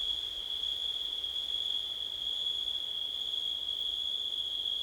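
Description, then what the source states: Cricket: an unbroken, even, high-pitched trill holding one pitch throughout, backed by a low hiss of background noise. September night, with wind.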